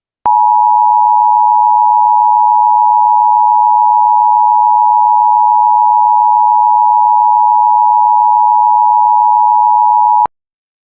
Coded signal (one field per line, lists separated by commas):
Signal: Emergency Alert System (SAME) tones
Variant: 853 and 960 Hz attention tone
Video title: EAS Scenario #2: Just Another Flu